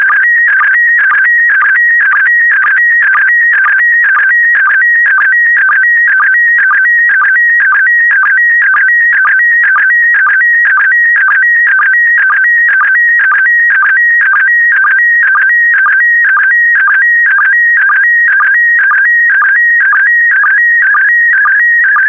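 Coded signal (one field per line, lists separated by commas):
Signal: SSTV (slow-scan television)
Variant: PD120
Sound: warbling tone shifting between pitches, with short low sync chirps about twice a second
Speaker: five four three two one i it so it so transmission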